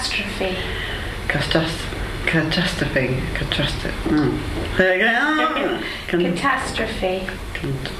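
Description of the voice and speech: An adult woman with childhood apraxia of speech, linked to an inherited FOXP2 mutation and persisting into adulthood despite intensive speech therapy, tries to say the word "catastrophe" five times in a row. She struggles greatly: her attempts come out distorted, with dropped, swapped and restarted syllables, and with effortful groping between tries.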